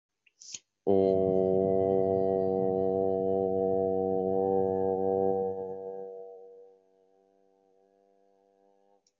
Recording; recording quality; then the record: sustained vowel as in boot; excellent, no background noise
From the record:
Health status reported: COVID-19 positive, mild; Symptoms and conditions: fever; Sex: male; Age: 40 years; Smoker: not ticked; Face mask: not worn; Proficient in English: no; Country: India